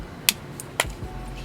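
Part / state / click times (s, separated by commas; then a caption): wiring harness connector into throttle position sensor/idle air control valve / seated / 0.3 s, 0.8 s. Wiring harness electrical connectors are pushed onto a newly installed throttle position sensor and idle air control valve on the throttle body of an Isuzu NPR. Two sharp clicks are heard at 0.3 s and 0.8 s, with a fainter tick at 0.6 s. The connectors are seated.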